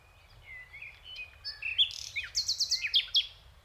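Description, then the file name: Common nightingale song: soft slurred whistles leading into a rapid run of sharp, repeated high notes near the end. "Luscinia megarhynchos"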